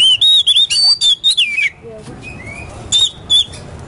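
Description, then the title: Oriental magpie-robin singing clear whistled notes in a fast sliding series, then a brief pause and two more short whistles. Competition magpie-robin ('kacer poci'), national champion, singing 'gacor' with 'nembak' and 'ngerol' song styles; seven kinds of sound every three minutes. "Kacer Poci Gacor Nembak Dan Ngerol Juara Nasional. 7 macam suara kacer setiap 3 menit"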